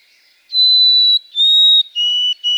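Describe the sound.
White-throated sparrow whistled song: two drawn-out pure notes, then shorter lower whistles beginning to repeat, cut off before the phrase ends.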